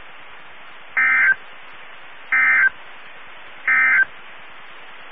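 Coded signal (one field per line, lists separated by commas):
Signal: Emergency Alert System (SAME) tones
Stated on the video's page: Severe thunderstorm alerts for the Texas and Oklahoma Panhandles from NOAA Weather Radio, Amarillo.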